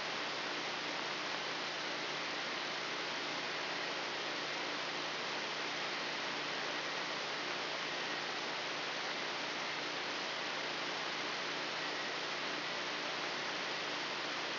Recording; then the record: brain microelectrode recording played as sound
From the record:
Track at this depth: inside the subthalamic nucleus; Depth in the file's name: 4.706 mm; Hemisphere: left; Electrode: 3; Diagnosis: Parkinson's disease